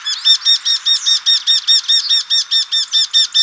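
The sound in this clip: Eurasian wryneck call: a fast, even series of many nasal, ringing notes, holding steady in pitch and loudness throughout.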